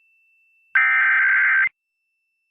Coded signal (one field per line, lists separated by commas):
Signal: Emergency Alert System (SAME) tones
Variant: header bursts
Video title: South Carolina EAS Alert: Required Monthly Test (08/11/2023) EAS #23